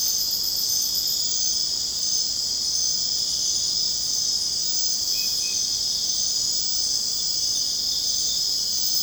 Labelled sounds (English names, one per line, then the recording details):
none
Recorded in secondary vegetation near Puerto Asís, Putumayo, Colombia, on 29 June 2025 at 01:00
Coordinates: 0.484, -76.319
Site G074